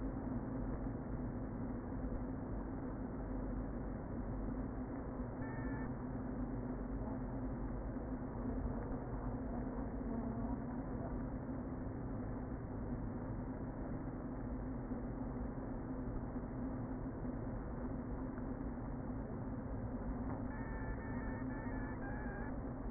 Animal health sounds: honeybee colony, microphone inside the hive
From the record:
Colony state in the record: queen present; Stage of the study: before two queens were removed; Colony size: about 60,000 bees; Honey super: yes

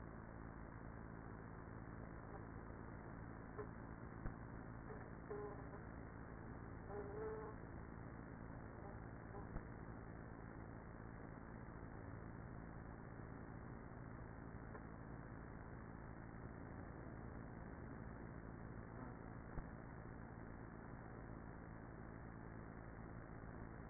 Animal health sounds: honeybee colony, microphone inside the hive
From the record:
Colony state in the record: queenless with a low population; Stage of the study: after two queens were removed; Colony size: about 30,000 bees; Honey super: no

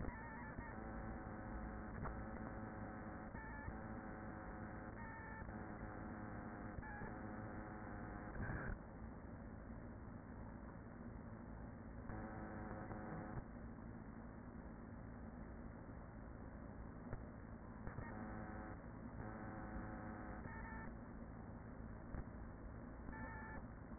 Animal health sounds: honeybee colony, microphone inside the hive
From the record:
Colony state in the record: queen present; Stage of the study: after two queens were removed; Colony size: about 40,000 bees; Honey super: no

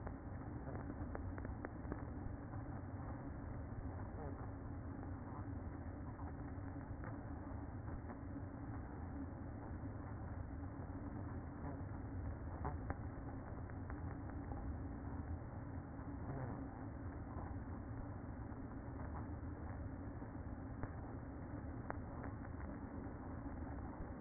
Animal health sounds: honeybee colony, microphone inside the hive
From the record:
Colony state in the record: queen present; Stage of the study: after two queens were removed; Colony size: about 60,000 bees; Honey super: yes

